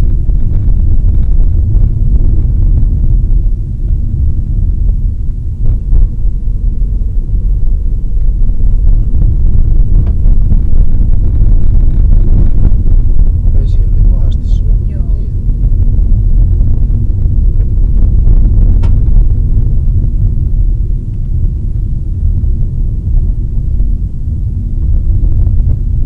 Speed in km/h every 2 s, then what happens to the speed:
41, 40, 35, 35, 41, 39, 35, 39, 40, 42, 43, 43, 38.
0-6 slows to 35. 6-13 steady at about 35. 13-22 speeds up to 43.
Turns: none.